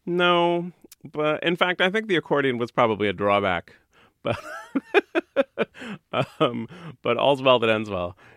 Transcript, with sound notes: But in fact, I think the accordion was probably a drawback. But...
(LAUGHTER)
But all's well that ends well.